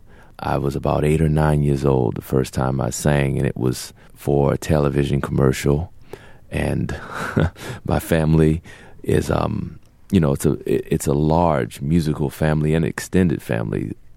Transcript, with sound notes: I was about 8 or 9 years old the first time I sang, and it was for a television commercial. And (laughter) my family is - you know, it's a large musical family and extended family